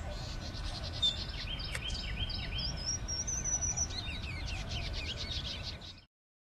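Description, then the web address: Bird chorus of overlapping chirps, thin high whistles and quick trills from several callers, with a low background rumble, ending abruptly in silence near the close. Many birds calling in Bexar County, Texas, on the morning of 18 March 2006. "bexar Many Birds 20060318 AM"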